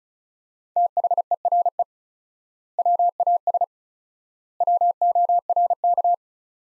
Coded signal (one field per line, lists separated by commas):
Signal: Morse code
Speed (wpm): 34 wpm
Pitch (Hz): 700 Hz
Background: none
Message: THERE WAS WORK